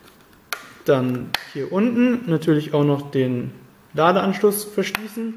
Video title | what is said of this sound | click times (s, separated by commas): iPhone 5 LifeProof WASSERDICHTE STURZFESTE Hülle - LifeProof Fre iPhone 5 German | zudrücken hört wenn es ein bisschen einrastet dann haben wir es fest genug gedrückt dann | 0.5 s